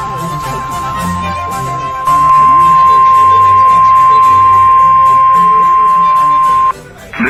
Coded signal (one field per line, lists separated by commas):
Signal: Emergency Alert System (SAME) tones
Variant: 1050 Hz attention tone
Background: music